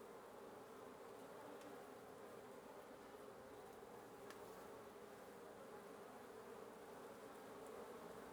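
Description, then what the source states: Wasps buzzing as a dense, steady drone from many insects, with a low hum throughout and a few brief faint clicks. Wasp nest under the roof of a residence at 1a Avenida Nte 19, Antigua Guatemala, Guatemala; recorded in the morning.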